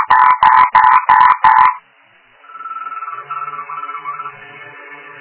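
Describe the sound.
Frog croaking: five loud, raspy pulsed croaks in quick succession, followed by a softer, steady humming chorus of tonal calls.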